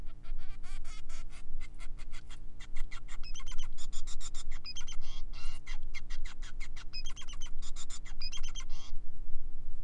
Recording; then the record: song of a male Bengalese finch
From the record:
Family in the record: son of father 5